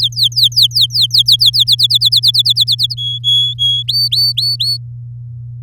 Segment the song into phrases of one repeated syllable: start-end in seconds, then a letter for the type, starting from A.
0.00-1.64 A, 1.67-2.94 B, 2.97-3.83 C, 3.88-4.77 D